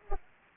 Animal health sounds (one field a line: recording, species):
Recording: mosquito wingbeat signal from an infrared sensor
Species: Culex pipiens